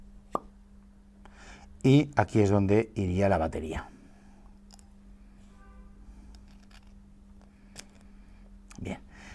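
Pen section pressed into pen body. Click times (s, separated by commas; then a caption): 0.4 s. A press-fit section of a magic pen, which pushes in rather than screws, is pressed into the pen body and gives a short plop-like snap at 0.4 s as it seats in place. Someone then talks over a steady low hum, and a few faint ticks follow.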